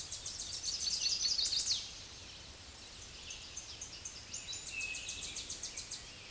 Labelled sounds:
Tennessee Warbler (Leiothlypis peregrina) song
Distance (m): 20 m
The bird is about 15 m above the microphone
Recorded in a Pennsylvania forest on 16 May 2024 at 07:08
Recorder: AudioMoth, point MSD-0178
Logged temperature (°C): 15.3 °C
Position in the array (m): 70 m, 62 m

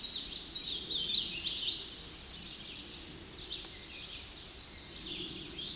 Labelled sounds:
Hooded Warbler (Setophaga citrina) song
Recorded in a Pennsylvania forest on 16 May 2024 at 07:36
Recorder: AudioMoth, point MSD-2143
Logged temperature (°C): 16.0 °C
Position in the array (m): 31 m, 153 m

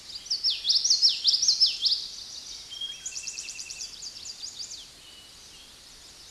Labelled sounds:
Common Yellowthroat (Geothlypis trichas) song
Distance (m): 5 m
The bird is about level with the microphone
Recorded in a Pennsylvania forest on 16 May 2024 at 06:28
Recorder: AudioMoth, point MSD-2061
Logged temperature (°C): 16.1 °C
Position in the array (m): 231 m, 181 m

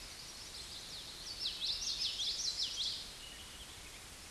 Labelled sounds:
Common Yellowthroat (Geothlypis trichas) song
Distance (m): 25 m
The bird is about 5 m above the microphone
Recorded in a Pennsylvania forest on 16 May 2024 at 08:30
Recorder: AudioMoth, point MSD-1418
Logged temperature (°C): 16.4 °C
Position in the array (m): 236 m, 177 m

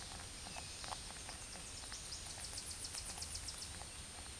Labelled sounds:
Tennessee Warbler (Leiothlypis peregrina) song
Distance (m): 45 m
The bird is about 5 m above the microphone
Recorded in a Pennsylvania forest on 16 May 2024 at 08:27
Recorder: AudioMoth, point MSD-0665
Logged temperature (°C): 16.1 °C
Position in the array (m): 29 m, 101 m

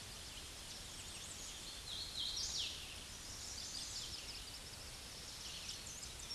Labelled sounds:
Hooded Warbler (Setophaga citrina) song
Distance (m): 30 m
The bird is about 15 m above the microphone
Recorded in a Pennsylvania forest on 16 May 2024 at 08:30
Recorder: AudioMoth, point MSD-2429
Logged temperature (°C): 16.7 °C
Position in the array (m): 129 m, 80 m

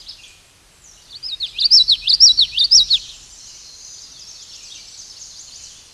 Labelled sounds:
Common Yellowthroat (Geothlypis trichas) song
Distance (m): 5 m
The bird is about level with the microphone
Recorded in a Pennsylvania forest on 16 May 2024 at 06:29
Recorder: AudioMoth, point MSD-1293
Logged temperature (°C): 12.0 °C
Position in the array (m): 57 m, 154 m

